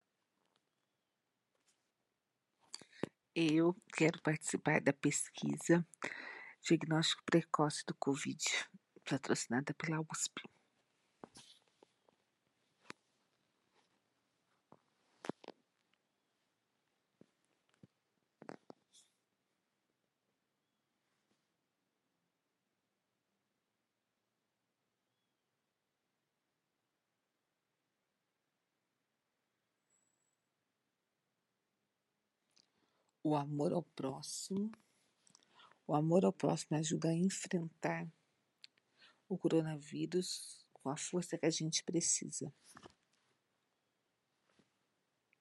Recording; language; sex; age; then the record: spoken sentence; Brazilian Portuguese; female; 50 to 59 years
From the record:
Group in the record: control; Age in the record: 51 years